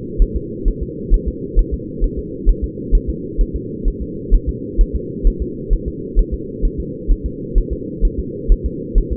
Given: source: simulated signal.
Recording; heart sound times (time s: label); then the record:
fetal heart sounds
0.22 s: S1
0.36 s: S2
0.68 s: S1
0.83 s: S2
1.14 s: S1
1.28 s: S2
1.59 s: S1
1.74 s: S2
2.04 s: S1
2.19 s: S2
2.49 s: S1
2.64 s: S2
2.95 s: S1
3.09 s: S2
3.41 s: S1
3.56 s: S2
3.88 s: S1
4.02 s: S2
4.34 s: S1
4.49 s: S2
4.81 s: S1
4.96 s: S2
5.27 s: S1
5.42 s: S2
5.73 s: S1
5.88 s: S2
6.19 s: S1
6.34 s: S2
6.65 s: S1
6.80 s: S2
7.11 s: S1
7.26 s: S2
7.58 s: S1
7.73 s: S2
8.05 s: S1
8.20 s: S2
8.52 s: S1
8.66 s: S2
8.98 s: S1
9.13 s: S2
From the record:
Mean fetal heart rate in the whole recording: 130 bpm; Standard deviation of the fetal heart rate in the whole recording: 2 bpm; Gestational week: 38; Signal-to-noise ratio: -4.1 dB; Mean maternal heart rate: no maternal heart sound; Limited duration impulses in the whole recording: absent